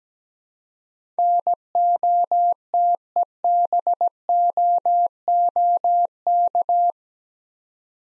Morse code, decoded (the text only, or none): NOTEBOOK